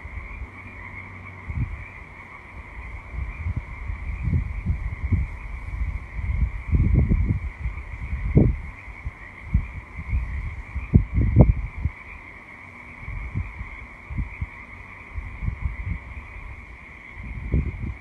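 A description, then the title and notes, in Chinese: Frogs call at night, a steady, dense chorus that holds a constant high trill throughout. Below it, irregular low, thumping bursts come and go every second or two, strongest around the middle of the recording. 月光下的蛙鸣_美国华盛顿州奥林匹克半岛。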